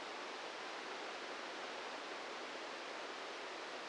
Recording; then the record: brain microelectrode recording played as sound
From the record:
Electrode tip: inside the subthalamic nucleus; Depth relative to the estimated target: -1 mm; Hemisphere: left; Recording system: NeuroSet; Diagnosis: Parkinson's disease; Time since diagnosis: 8 years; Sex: male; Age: 46 years